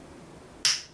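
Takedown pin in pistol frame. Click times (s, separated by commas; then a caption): 0.6 s. A Keltec P11 pistol's takedown pin is levered out of the frame using the rim of a spent brass shell casing. After a quiet, faint background, a single sharp, bright snap is heard at 0.6 seconds and fades quickly. The takedown pin is released and snapped out.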